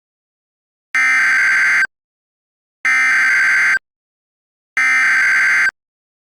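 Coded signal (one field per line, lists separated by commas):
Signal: Emergency Alert System (SAME) tones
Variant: header bursts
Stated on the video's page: Fictional EAS scenario.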